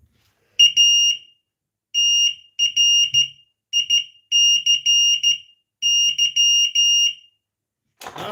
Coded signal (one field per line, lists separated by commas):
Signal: Morse code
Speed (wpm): 13 wpm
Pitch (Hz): 2850 Hz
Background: none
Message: ATRICY